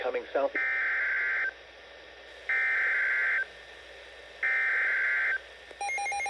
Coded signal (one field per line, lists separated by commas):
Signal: Emergency Alert System (SAME) tones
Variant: header bursts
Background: speech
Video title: EAS #2,101 NOAA Weather Radio (WR-300) LWX Special Marine Warning 6/26/25 7:31 PM EDT